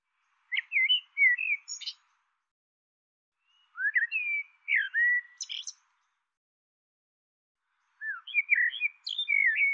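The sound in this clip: Bird giving three bursts of chirpy, slurred whistles spaced a few seconds apart, with thin high notes.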